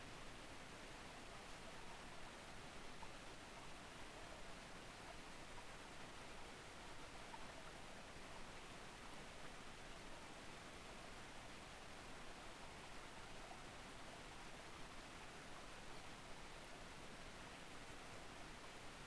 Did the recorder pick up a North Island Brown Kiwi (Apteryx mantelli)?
no